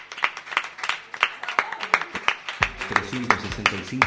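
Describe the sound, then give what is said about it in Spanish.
A small group claps in a steady, fairly quick rhythm, sharp crisp hits repeating throughout, while a voice or low tonal sound joins beneath the clapping partway through. “Un aplauso para todos.”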